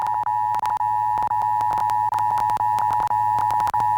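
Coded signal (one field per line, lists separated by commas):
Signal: Emergency Alert System (SAME) tones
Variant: 853 and 960 Hz attention tone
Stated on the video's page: Ohio required monthly test aired on a TV station at 3:48 AM.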